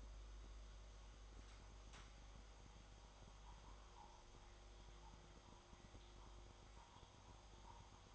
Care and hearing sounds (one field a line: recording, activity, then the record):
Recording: daily activity, microphone in the room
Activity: make coffee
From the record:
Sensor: 3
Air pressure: 1004.2 hPa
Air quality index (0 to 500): 199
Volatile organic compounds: 15 ppm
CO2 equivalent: 2497 ppm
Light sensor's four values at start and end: 5/12/4/4 and 5/12/4/4